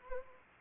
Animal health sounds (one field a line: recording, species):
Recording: mosquito wingbeat signal from an infrared sensor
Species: Anopheles arabiensis